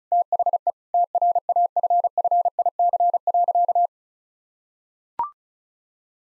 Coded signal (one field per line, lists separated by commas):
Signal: Morse code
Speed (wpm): 34 wpm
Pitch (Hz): 700 Hz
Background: none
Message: THE TRAFFIC.